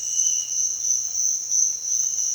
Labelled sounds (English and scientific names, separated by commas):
none